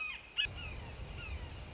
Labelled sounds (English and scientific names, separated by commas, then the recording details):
Red-shouldered Hawk (Buteo lineatus)
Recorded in Sonoma County, California